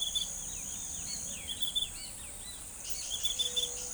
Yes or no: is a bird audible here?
yes